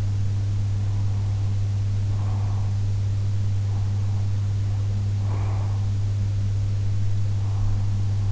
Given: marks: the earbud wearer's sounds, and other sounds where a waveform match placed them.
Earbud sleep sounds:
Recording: sounds in sleep by an in-ear microphone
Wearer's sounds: breath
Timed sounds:
2.15-2.76 s: breath
5.27-5.90 s: breath

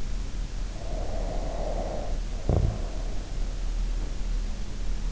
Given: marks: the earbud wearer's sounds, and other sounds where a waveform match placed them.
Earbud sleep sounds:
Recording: sounds in sleep by an in-ear microphone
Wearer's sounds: snoring breath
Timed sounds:
0.71-3.29 s: snoring breath

